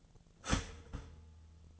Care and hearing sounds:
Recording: daily activity, microphone in the room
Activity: start toaster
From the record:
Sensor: 4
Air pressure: 1010.1 hPa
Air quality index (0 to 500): 181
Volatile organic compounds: 5 ppm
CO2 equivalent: 1829 ppm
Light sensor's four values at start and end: 22/68/26/26 and 22/68/26/26

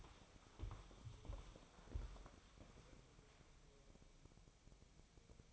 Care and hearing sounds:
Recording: daily activity, microphone in the room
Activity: walk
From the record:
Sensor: 1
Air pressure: 1015.3 hPa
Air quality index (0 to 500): 128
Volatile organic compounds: 5 ppm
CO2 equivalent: 1764 ppm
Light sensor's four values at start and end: 7/18/7/7 and 7/17/6/7

